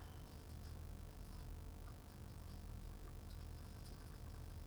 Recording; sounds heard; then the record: poultry house recording; sick chickens (respiratory disease)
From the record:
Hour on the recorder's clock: 16